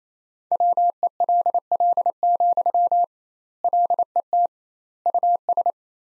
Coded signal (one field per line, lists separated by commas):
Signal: Morse code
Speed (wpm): 28 wpm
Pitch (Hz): 700 Hz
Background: none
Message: WELL, LET US